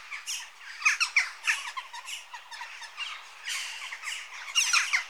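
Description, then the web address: Western jackdaw calls, clusters of sharp chack notes in bursts with brief pauses between. Adult birds. "BBC Sound Effects Library. Jackdaw (Corvus Monedula)"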